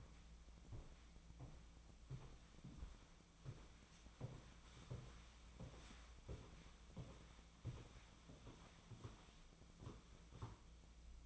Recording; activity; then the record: daily activity, microphone in the room; walk to room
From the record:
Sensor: 1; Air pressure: 1010.1 hPa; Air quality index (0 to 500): 183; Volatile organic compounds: 15 ppm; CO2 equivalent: 2510 ppm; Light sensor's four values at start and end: 40/102/42/52 and 37/94/39/48